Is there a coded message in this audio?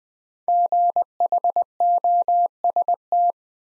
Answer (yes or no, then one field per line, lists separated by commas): yes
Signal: Morse code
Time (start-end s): 0.5-3.3 s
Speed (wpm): 20 wpm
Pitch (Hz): 700 Hz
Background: none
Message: GHOST